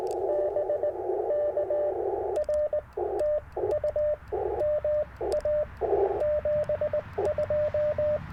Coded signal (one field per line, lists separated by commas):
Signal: Morse code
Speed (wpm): 19 wpm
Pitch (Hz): 590 Hz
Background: radio noise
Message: BK R TU MA 72